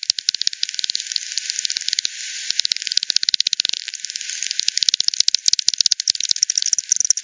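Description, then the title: Bats calling in a quick, uneven stream of sharp clicks and rattling bursts, with a short smoother hissing stretch near the two-second mark. Multiple bats at Hogsmill River, Hogsmill Lane, 7 October 2020 at 18:10; frequency-division bat detector output, band-pass filtered and resampled. "bat 20201007 T 18 : 10 Z-Hogsmill-Lane-Hogsmill-River-multiple-bats-FD 10"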